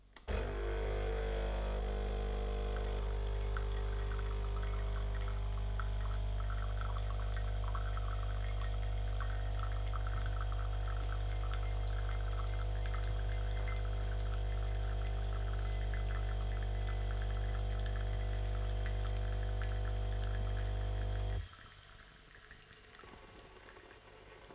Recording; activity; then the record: daily activity, microphone in the room; make coffee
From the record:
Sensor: 4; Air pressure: 1005.0 hPa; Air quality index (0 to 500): 186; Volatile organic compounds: 5 ppm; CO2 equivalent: 1822 ppm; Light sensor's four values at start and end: 18/60/23/21 and 19/63/23/22